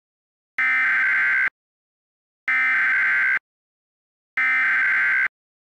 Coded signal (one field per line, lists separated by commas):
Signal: Emergency Alert System (SAME) tones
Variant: header bursts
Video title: EAS Mock - Skibidi Toilet Movie Riots (Festivox Kal voice test)